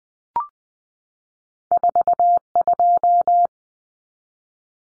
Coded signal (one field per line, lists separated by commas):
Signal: Morse code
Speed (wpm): 20 wpm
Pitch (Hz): 700 Hz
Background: none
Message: 42